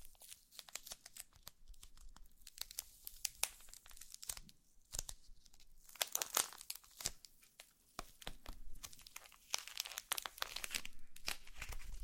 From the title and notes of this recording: ASMR SLIME SATISFYING - NO TALKING.